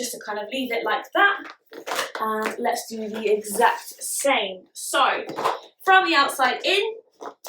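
Someone talks while handling a folded coroplast cage base, working a tab toward its slot so that it will click when pulled through. A few short, sharp handling sounds come near the end, around 7.1 to 7.5 seconds. The tab has not been pulled through yet, and nothing has seated or clicked by the end of the clip.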